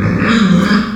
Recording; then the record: squeal of a Yucatan mini pig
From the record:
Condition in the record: after surgery on the right vocal fold (resection and tissue-engineered implant); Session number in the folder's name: 13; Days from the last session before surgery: 113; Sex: female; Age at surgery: 19 weeks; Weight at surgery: 25 kg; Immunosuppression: prednisolone